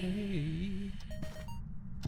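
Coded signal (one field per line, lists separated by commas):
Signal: none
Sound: game sound effect beeps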